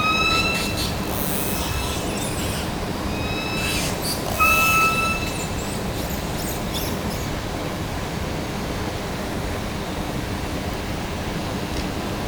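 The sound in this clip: Toad calls, a few drawn-out even-pitched tones early on, then only a steady rushing background noise.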